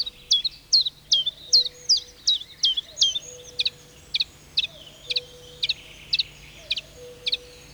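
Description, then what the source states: Common Chiffchaff song: a run of sharp, high notes, about two to three per second. Singing in the middle of a spruce forest in Finland; the song is said to sound out the bird's own name.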